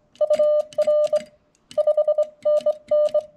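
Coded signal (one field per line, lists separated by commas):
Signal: Morse code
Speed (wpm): 23 wpm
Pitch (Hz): 600 Hz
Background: none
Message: UR 5NN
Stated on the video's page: Morse sent on a 1961 Vibroplex bug during a cold Parks On The Air activation, TX-500 radio, 213-inch whip through a ZM-2 tuner.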